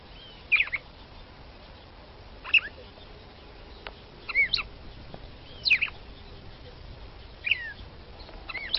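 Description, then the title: Red-cowled cardinal with short chirped whistle notes repeated about every one to two seconds, steady and fairly soft. Female singing to stimulate the male. "Canto Galo De Campina. galo de campina femea canto para esquentar o galo macho"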